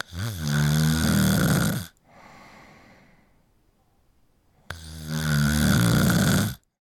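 Two loud, low, rattling inhaled snores about 4.7 seconds apart, each lasting close to two seconds, with a soft breathy exhale between them. Ordinary snoring from one adult human, sound effect.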